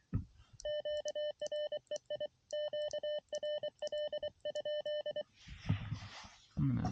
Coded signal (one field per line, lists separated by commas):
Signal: Morse code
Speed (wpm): 23 wpm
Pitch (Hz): 600 Hz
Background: speech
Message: QREI QRL?